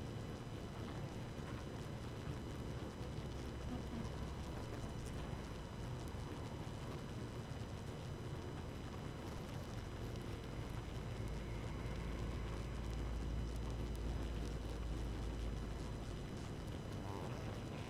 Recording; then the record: honeybee colony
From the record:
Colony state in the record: active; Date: 12 June 2018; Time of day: 2:39